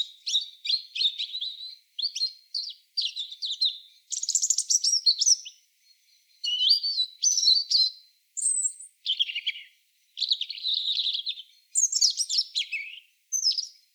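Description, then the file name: European robin singing a rapid run of varied phrases, twittering trills, sweet high notes and tumbling warbles, each phrase followed by a short gap; quiet background otherwise. "Erithacus rubecula"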